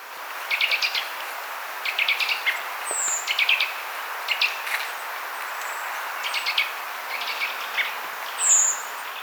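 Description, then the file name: Eurasian nuthatch calls, quick clusters of sharp high notes repeated every second or so, with a few thin whistles over a steady background hiss. "Sitta europaea"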